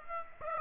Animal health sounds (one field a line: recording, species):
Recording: mosquito wingbeat signal from an infrared sensor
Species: Aedes aegypti